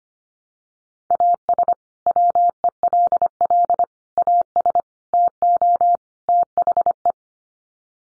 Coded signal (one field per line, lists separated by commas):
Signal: Morse code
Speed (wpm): 25 wpm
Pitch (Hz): 700 Hz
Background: none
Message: AS WELL AS TO THE